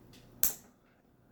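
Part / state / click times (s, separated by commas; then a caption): folding clasp of a steel watch bracelet / seated / 0.4 s. A folding clasp on a steel watch bracelet is pressed shut. A single loud, sharp click sounds at 0.4 s, with bright high-frequency energy that decays quickly, followed by faint, quiet handling noise. The clasp closes and seats with the click.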